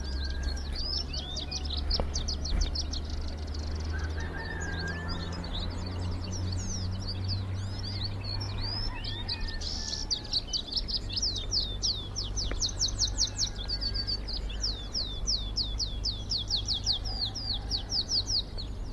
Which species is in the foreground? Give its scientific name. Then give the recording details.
Phylloscopus canariensis. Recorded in the wild. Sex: male. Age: adult. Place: Bonanischer Garten über Puerto de la Cruz, Teneriffa, Teneriffa, Kanarische Inseln, ES. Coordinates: 28.4117, -16.5358. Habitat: park. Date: 1964-04-27 15:20. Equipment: Nagra III PH, LGS26. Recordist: Sapper